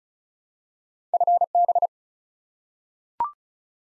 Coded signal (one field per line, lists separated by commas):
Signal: Morse code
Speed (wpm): 36 wpm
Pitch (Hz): 700 Hz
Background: none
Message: FB